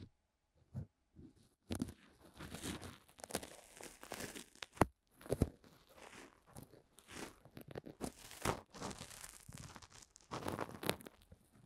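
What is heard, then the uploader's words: Ear cleaning sounds with no talking: dense, crinkly scratching and crunching that comes in rapid bursts, some sharp clicks standing out near five and eight seconds. Brief silent gaps break it up, especially in the first two seconds and just before five seconds. ASMR DEEP Ear Cleaning No talking 시원한 모래 귀청소.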